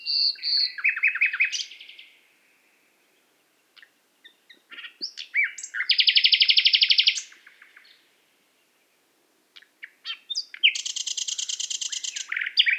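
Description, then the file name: Common nightingale song with a quick fluty run, a pause, a long powerful buzzing rattle, and a closing high rapid trill. "Luscinia megarhynchos"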